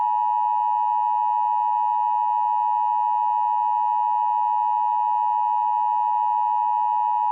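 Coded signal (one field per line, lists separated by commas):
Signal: Emergency Alert System (SAME) tones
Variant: 853 and 960 Hz attention tone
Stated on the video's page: Fictional EAS scenario, not a real alert.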